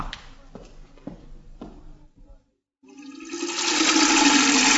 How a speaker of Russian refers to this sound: Вода лилась из бочки в жестяную лейку с таким славным шумом, будто это был маленький водопад.